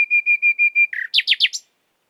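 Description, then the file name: Common nightingale song phrase: five steady whistled notes on one pitch, then a quick series of loud down-slurred chirps. "Luscinia megarhynchos"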